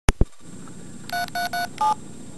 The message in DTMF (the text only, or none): 3337